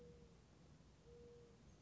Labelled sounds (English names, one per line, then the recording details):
Mourning Dove
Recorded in Sonoma County, California